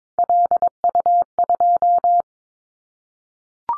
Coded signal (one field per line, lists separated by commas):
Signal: Morse code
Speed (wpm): 22 wpm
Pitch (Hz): 700 Hz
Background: none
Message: LU2